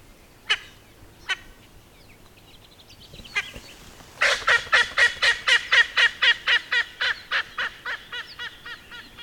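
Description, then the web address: Erckel's spurfowl calling: a few separate harsh notes, then a loud, grating series of many rapid cackling notes, slowly fading. "Erckel's spurfowl. دانلود-صدای-پرنده-دراج-ارکل"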